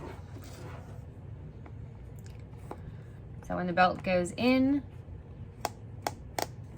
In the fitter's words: you can hear it locking into itself with